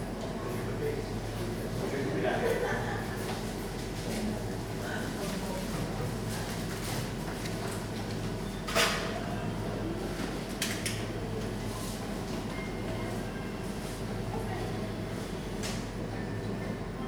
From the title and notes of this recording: Coffee shop, part 1. In a coffee shop on a dark evening, rain is falling outside.